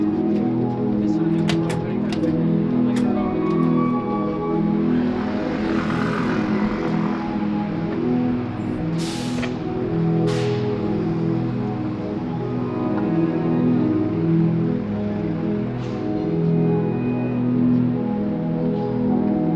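A street performance in New York: steady, layered musical tones hold from start to finish, pulsing gently in a low-to-middle range. Brief hissing bursts break in around six, nine and ten seconds, and faint voices and city noise stay in the background.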